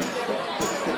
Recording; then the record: coughing mixed with background sound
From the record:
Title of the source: Spring Cold Coughing 3